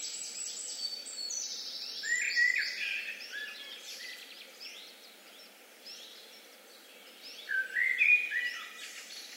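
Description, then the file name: Eurasian blackbird phrases, scratchy high twittering mixed with lower warbled notes in two bursts, over background noise. "Turdus merula"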